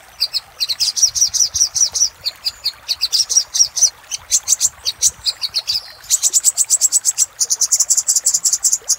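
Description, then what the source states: Little spiderhunter delivering dense, high-pitched chattering notes, speeding into a rapid trill near the end. Used for training cage birds.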